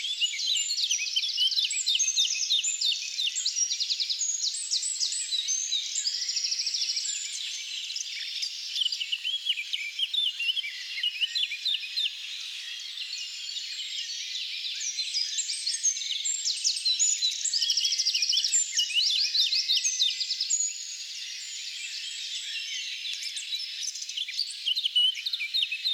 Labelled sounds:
Eurasian Blackcap song

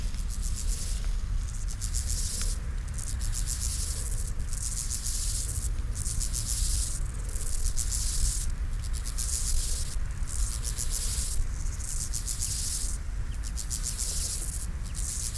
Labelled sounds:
Steppe Grasshopper stridulation

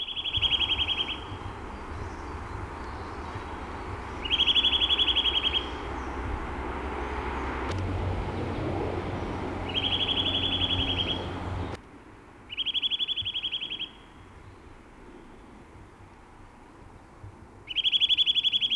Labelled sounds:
Eurasian Nuthatch call

